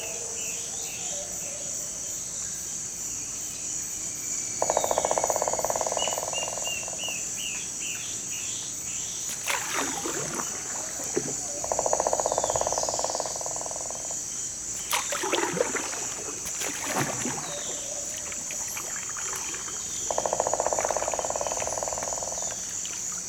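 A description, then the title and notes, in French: A dugout canoe moves along a forest river, with paddle strokes and water swishes clustered around 10 and 15–17 seconds. A steady, bright insect whine runs throughout, and three loud rasping bursts, like a cricket or frog, come at about 5, 12 and 20 seconds. Pirogue, entre les arbres. Pirogue sur la rivière au milieu de la forêt, dont une partie est inondée en saison des pluies. Tauary, petit village au coeur de la forêt amazonienne.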